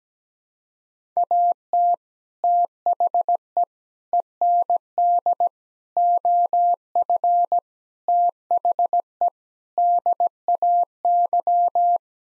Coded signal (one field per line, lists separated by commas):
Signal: Morse code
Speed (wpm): 17 wpm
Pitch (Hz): 700 Hz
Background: none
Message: AT THE END OF THE DAY